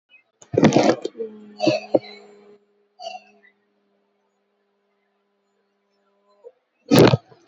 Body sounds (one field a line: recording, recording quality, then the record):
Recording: sustained vowel as in boot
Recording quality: poor, much background noise or distortion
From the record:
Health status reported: COVID-19 positive, mild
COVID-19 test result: positive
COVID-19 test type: RT-PCR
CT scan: taken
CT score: 0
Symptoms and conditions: cough, cold, muscle pain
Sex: female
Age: 30 years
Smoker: no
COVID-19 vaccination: both doses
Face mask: not worn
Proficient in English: yes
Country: India